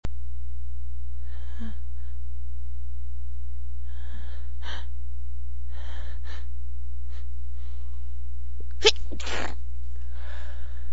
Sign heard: Female sneeze.